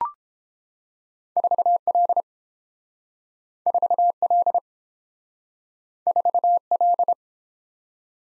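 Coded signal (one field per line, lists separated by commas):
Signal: Morse code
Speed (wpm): 30 wpm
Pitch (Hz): 700 Hz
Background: none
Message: 4L 4L 4L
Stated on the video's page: Morse code practice of two letter-number combinations in Speed-Racing format, starting at 1.5 times and slowing to a 22 wpm base; final repeat at maximum speed.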